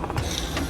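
A graphics card is pushed into a motherboard's PCIe x16 slot, with a few light knocks early on before the slot's retention latch gives a sharp click at 0.4 s. The card is seated.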